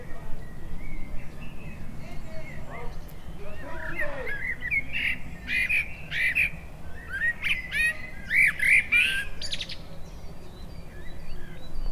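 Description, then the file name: Common blackbird calls, a run of harsh chattering notes and sharp clicks bunched in the second half, over steady low background rumble. "Turdus merula"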